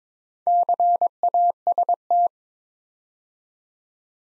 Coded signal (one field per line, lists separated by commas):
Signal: Morse code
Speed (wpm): 22 wpm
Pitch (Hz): 700 Hz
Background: none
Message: CAST